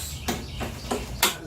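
The plastic handle-height locking plugs on the handle frame of a Kobalt 80V Gen 2 cordless electric lawn mower are engaged with the handle set to its highest mowing position. Short, sharp clicks ring out at 0.3 s and 1.2 s, with fainter similar ticks between them. The locking plugs seat, locking the handle into place.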